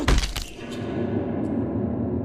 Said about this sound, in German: Das Geräusch, das Esculaps Kopf machte, als der Schürhaken ihn traf, brannte sich in mein Gedächtnis ein.